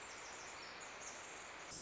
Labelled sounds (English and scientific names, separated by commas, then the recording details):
Pacific Wren (Troglodytes pacificus)
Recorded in Sonoma County, California